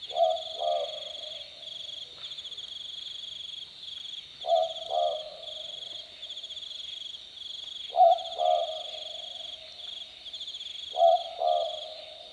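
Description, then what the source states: Southern boobook calling a paired hoot, boo-book, four times at intervals of roughly three to four seconds, with a constant shrill insect chorus behind. Recorded on a summer night, 17 February 2014, at 22:18:42.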